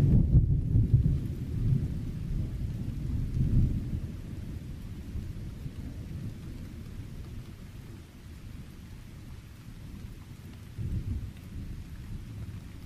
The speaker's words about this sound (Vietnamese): Đêm đó, trời sấm chớp đì đùng và mưa lớn một cách dữ dội.